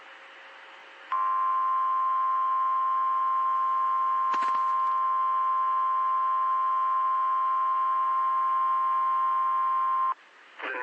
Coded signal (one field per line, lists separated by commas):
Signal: Emergency Alert System (SAME) tones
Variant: 1050 Hz attention tone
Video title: Severe Thunderstorm Warning California Noaa Weather Radio Station KIH 62 Fresno CA 4/21/26